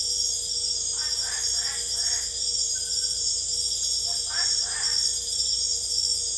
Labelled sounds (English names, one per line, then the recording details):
none
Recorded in secondary vegetation near Puerto Asís, Putumayo, Colombia, on 26 December 2024 at 22:00
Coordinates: 0.488, -76.319
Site GP04